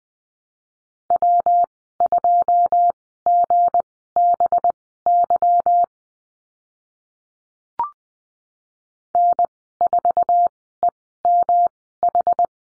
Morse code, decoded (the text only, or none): W2GBY N4EMH